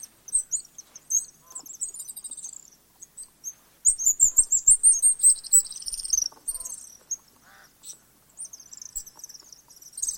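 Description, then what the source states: House swift twittering, rapid high trills repeated in quick bursts, loudest in the middle. Adult.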